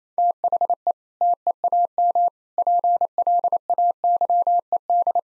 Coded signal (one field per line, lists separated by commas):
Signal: Morse code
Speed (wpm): 28 wpm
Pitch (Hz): 700 Hz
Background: none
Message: THE TEAM PLAYED